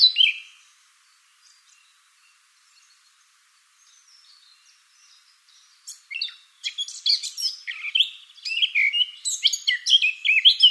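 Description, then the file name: Eurasian blackcap singing: a brief note, a long near-silent stretch with faint twittering, then a lively scratchy warble with mixed chirps and whistled notes. "Sylvia atricapilla"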